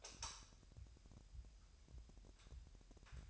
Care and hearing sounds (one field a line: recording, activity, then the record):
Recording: daily activity, microphone in the room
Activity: light on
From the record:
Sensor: 2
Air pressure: 1001.8 hPa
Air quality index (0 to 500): 248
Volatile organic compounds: 36 ppm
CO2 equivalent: 3087 ppm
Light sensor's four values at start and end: 4/9/4/4 and 9/25/10/9